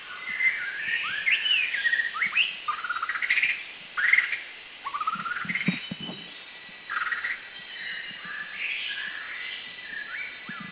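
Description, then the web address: White-rumped Shama singing: varied, rich whistled phrases, some rising, some falling, delivered in bursts with short pauses, over a steady background hiss. Recorded at Krung Ching, Thailand. "Thailand Krung Ching 09 White-rumped Shama"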